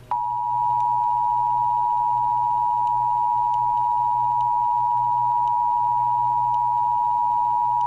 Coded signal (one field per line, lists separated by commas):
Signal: Emergency Alert System (SAME) tones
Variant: 853 and 960 Hz attention tone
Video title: WMTW required monthly EAS test 6/14/18. EAS #1